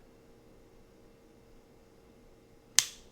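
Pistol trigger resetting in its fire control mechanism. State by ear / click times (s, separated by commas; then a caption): seated / 2.8 s. On an unloaded pistol, the trigger is held to the rear after dry fire, the slide is cycled by hand, and the trigger is then slowly eased forward over a quiet, steady background hum. At 2.8 s a single sharp, bright click rings out with a short decay as the trigger mechanism re-engages. This confirms the trigger has reset and the pistol is ready to fire again.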